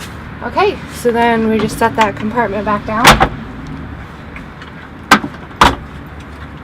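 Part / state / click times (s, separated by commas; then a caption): floor storage compartment lid into minivan floor / seated / 5.1 s, 5.6 s. Someone talks while lowering the stow-away floor storage compartment lid back into the floor of a Dodge Caravan minivan. Two loud, sharp thuds with clicks land at 5.1 s and 5.6 s, and the lid latches shut, locked in place.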